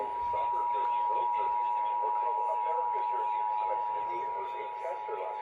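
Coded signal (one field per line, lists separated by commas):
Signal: Emergency Alert System (SAME) tones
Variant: 853 and 960 Hz attention tone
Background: speech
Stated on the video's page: Real Pennsylvania Required Monthly Test.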